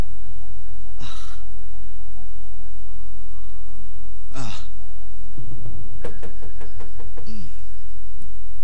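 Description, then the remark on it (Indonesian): Two breathy sighs give way to a quick run of about seven sharp, hollow knocks on an unlocked door at night, crisp and fairly loud over a steady low hum. “Siapakah itu yang datang? Masuklah. Pintu tidak terkunci.”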